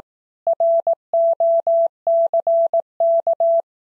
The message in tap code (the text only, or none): none